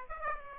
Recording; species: mosquito wingbeat signal from an infrared sensor; Aedes aegypti